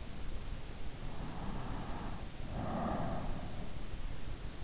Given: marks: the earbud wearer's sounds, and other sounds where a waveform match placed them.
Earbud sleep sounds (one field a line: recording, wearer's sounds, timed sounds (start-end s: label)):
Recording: sounds in sleep by an in-ear microphone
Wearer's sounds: breath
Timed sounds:
1.07-3.69 s: breath